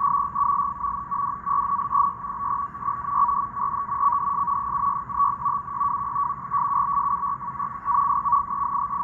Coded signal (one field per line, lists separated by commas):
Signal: NAVTEX (SITOR-B)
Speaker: you can see the code so here you can see the matching lines footed the code and of course to the code going on right here